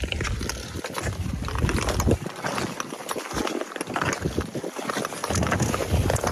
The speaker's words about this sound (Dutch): Dan naar bevroren water, want in heel Nederland zijn vanochtend de natuurijsbanen weer geopend. Bijvoorbeeld in Doorn en in de Lier in het Westland kan er sinds vanochtend vroeg worden geschaatst. En klonk het dus zo.